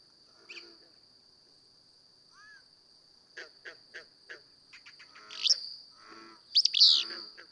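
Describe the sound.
Willow flycatcher: a softer buzzy note, then a loud rough two-part song phrase near the end, after a run of quiet clicking notes, with a steady insect drone.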